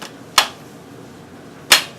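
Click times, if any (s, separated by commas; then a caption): 0.4 s, 1.7 s. A closet organizer piece, put in at an angle, is pushed down into its frame or bracket until it snaps into place. Two sharp, loud snaps are heard at 0.4 s and 1.7 s over a quiet background, and the piece is seated.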